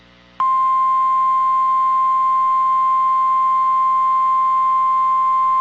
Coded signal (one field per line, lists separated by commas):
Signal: Emergency Alert System (SAME) tones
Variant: 1050 Hz attention tone